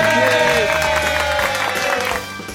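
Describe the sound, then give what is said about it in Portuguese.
A crowd bursts into steady applause during a radio show, dense clapping mixed with cheering and a sustained whistle-like tone, holding loud for a couple of seconds before easing off slightly at the end. “Salva de palmas!”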